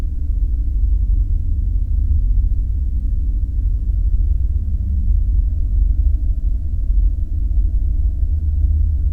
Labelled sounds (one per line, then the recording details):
machinery
flare stack
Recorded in the Prudhoe Bay oil fields, Alaska, on 5 September 2019 at 01:15
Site 14